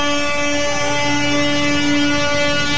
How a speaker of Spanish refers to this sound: Los automovilistas respaldaron este tipo de acciones, haciendo sonar sus bocinas.